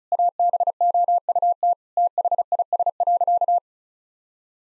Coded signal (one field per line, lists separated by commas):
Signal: Morse code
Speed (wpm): 36 wpm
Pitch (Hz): 700 Hz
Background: none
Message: ABOUT THIS.